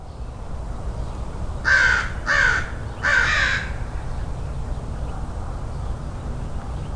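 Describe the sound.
Crow giving three loud, raspy caws in quick succession, then quiet with low background rumble.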